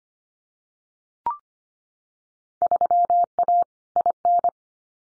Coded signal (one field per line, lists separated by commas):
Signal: Morse code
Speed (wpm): 25 wpm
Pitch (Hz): 700 Hz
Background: none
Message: 3A IN